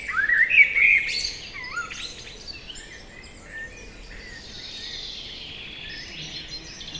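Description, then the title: Common blackbird giving a short fluty phrase at the start, then quieter high twittering and soft bird calls over steady background hiss. Common blackbird singing trills from a tree beside a lake in Magnieu, France, during the evening chorus; Sennheiser MKH8040 stereo ORTF microphones, Zoom F8 recorder. "Lac de Barterand - Magnieu, France - Chorus du soir"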